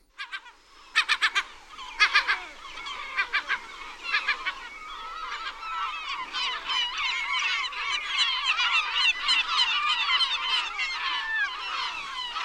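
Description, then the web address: Herring gulls calling, a few loud repeated yelping notes at the start giving way to a dense overlapping chorus of many gulls mewing and squealing. "Solvmage"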